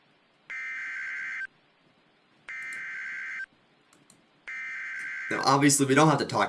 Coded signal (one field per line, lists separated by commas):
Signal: Emergency Alert System (SAME) tones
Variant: header bursts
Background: speech